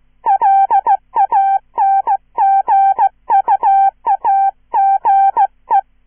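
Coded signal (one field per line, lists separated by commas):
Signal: Morse code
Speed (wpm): 15 wpm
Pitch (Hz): 790 Hz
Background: none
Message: LANGUAGE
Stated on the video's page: Hand-sent Morse with a Czech straight key, an original horror short story for listen-and-copy practice, recorded in one take with errors corrected by ERROR prosign.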